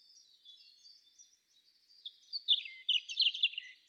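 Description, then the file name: European robin song: thin high notes at first, then a louder burst of rapid, twittering notes near the end. "Erithacus rubecula"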